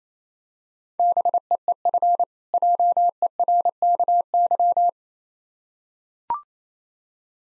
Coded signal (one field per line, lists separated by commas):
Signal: Morse code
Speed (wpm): 28 wpm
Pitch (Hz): 700 Hz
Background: none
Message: BEEF JERKY